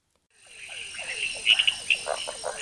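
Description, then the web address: Brownbelly leaf frog calling with short, down-slurred chirps in a loose series, over a steady high insect drone and a few sharper higher notes. Recorded in the Ecuadorian Amazon. "Natures Songs S America Frogs of Ecuadorian Amazon Phyllomedusa tarsius"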